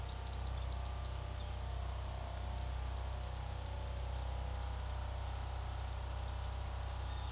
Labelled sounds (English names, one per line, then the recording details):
Blue-and-white Swallow
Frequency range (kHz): Blue-and-white Swallow 2.7-7.8 kHz
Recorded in pastures near Puerto Asís, Putumayo, Colombia, on 21 February 2024 at 16:30
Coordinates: 0.486, -76.323
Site G6462